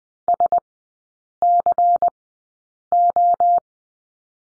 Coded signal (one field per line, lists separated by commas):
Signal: Morse code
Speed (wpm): 20 wpm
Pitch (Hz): 700 Hz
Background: none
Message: SCO